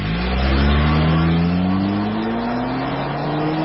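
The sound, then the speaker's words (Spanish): A car engine revs hard at high RPM, its steady harmonic whine slowly climbing in pitch across the whole stretch, loud and continuous with no talking. “Los motores trabajan altísimas revoluciones por minuto.”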